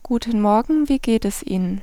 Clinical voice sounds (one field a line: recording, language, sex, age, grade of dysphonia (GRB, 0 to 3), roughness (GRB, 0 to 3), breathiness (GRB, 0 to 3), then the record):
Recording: spoken sentence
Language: German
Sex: female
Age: 30 to 39 years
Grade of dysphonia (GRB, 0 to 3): 1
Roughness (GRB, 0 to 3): 1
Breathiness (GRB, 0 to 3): 0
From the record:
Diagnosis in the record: phonasthenia (vocal fatigue)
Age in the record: 36 years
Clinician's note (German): Mit habitueller Mikrophonie